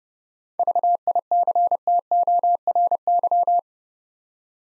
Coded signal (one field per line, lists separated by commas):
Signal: Morse code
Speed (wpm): 30 wpm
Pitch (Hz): 700 Hz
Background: none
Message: VICTORY